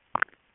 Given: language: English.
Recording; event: throat vibration sensor signal played as sound; swallow